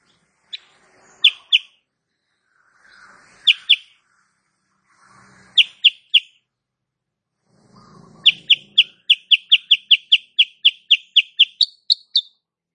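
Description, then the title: Sooty-headed bulbul singing: short chirps in twos and threes spaced by pauses, then a long, rapid, even run of sharp high notes that steps slightly higher at the close. Female cage bird in full active song with tight rapid-fire notes, used as a master recording for training other cage birds. "Masteran Kutilang Sutra. Kutilang SUTRA BETINA GACOR nembak RAPAT"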